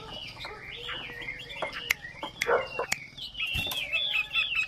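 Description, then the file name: Chinese hwamei giving varied warbled whistles over a noisy background, with sharp clicks and a flapping, rustling burst midway. Female hwamei singing. "Tieng chim hoa mi mai hot"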